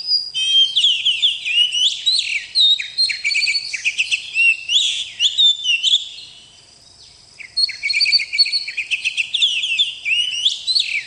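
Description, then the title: Oriental magpie-robin song, a rich rapid stream of varied whistles, trills and harsh notes, pausing briefly around seven seconds before resuming. "KACER"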